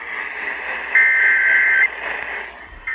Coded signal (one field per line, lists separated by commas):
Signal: Emergency Alert System (SAME) tones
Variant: header bursts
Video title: Severe thunderstorm warning from 7/16/22 EAS #9-12